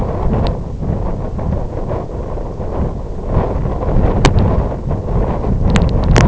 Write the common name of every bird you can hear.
none